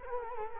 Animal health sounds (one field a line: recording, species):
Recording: mosquito wingbeat signal from an infrared sensor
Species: Culex quinquefasciatus